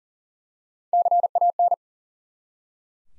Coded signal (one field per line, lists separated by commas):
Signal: Morse code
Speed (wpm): 40 wpm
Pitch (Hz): 700 Hz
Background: none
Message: CAN